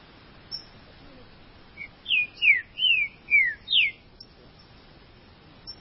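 Green-winged saltator song: a rapid run of five clear, sweeping whistles, mostly dropping in pitch, after a soft lead-in note.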